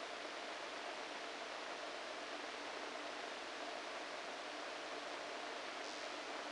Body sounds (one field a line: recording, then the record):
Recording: brain microelectrode recording played as sound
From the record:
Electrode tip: inside the subthalamic nucleus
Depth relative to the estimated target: -3 mm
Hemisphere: right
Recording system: NeuroSet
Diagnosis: Parkinson's disease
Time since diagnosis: 14 years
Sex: male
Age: 51 years